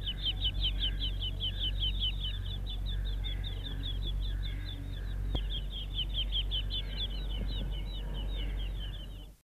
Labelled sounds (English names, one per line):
Northern Bobwhite call